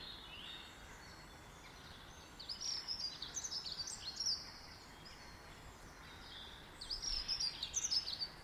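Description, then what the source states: Bird song, quick high twittering bursts of chirps, one phrase near three seconds and another near seven seconds, over steady hiss. In a garden.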